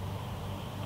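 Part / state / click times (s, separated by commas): wire tap connector on a vehicle backup light wire / not seated / none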